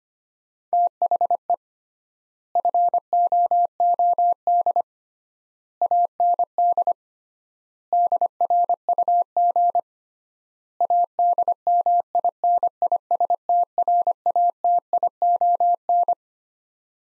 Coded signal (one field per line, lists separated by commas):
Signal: Morse code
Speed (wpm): 25 wpm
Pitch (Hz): 700 Hz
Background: none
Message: THE FOOD AND DRUG ADMINISTRATION